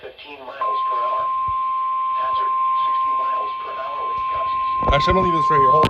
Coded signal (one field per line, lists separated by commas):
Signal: Emergency Alert System (SAME) tones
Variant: 1050 Hz attention tone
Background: speech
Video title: PURE CHAOS 6!! | EAS Alerts from 7/9/26